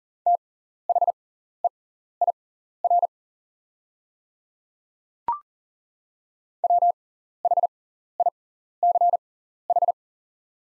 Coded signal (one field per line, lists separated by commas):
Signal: Morse code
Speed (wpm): 40 wpm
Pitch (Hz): 700 Hz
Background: none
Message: THEIR WHICH